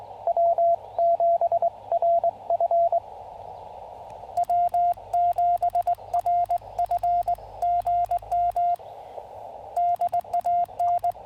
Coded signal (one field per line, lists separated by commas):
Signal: Morse code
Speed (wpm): 20 wpm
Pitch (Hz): 680 Hz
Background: radio noise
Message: W7RF W7RF GM DAN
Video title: Pairing the FT-818 and the SpoolTenna For Some QRP POTA Fun!